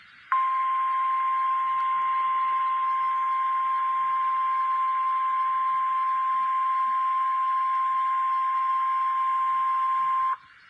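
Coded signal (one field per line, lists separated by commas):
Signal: Emergency Alert System (SAME) tones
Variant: 1050 Hz attention tone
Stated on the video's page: Severe thunderstorm warning issued by NWS Springfield, Missouri.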